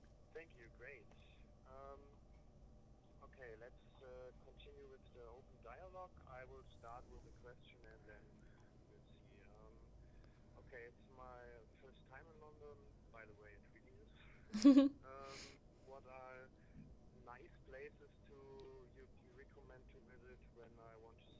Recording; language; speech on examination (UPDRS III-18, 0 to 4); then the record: conversation on a phone call; English; 0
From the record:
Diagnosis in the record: healthy control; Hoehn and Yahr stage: 0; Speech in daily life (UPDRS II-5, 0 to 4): 0